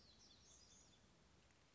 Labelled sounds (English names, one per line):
Black-throated Gray Warbler